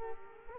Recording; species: mosquito wingbeat signal from an infrared sensor; Culex pipiens